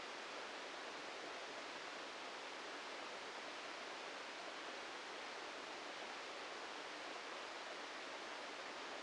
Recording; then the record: brain microelectrode recording played as sound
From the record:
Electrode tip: inside the subthalamic nucleus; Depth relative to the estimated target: 0 mm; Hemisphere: left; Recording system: NeuroSet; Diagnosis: Parkinson's disease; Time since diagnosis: 14 years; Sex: male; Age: 51 years